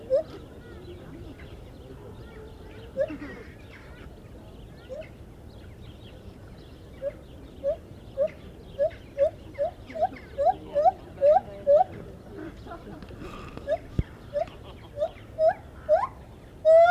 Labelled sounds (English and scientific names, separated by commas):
Lar Gibbon (Hylobates lar) song